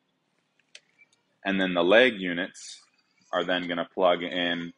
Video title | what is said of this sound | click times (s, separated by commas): General Normatec Set Up - Renew Recovery Room | the button facing up make sure you hear that click | 0.8 s